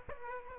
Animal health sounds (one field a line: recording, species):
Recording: mosquito wingbeat signal from an infrared sensor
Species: Aedes aegypti